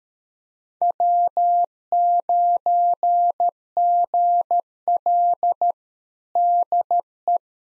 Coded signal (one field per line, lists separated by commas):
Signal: Morse code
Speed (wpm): 13 wpm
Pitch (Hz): 700 Hz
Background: none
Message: W9GL DE